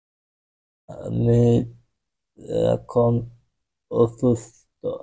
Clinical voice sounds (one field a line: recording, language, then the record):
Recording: elicited speech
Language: Bengali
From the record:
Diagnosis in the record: Broca's or global aphasia after a stroke